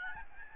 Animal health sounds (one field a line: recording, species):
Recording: mosquito wingbeat signal from an infrared sensor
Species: Aedes albopictus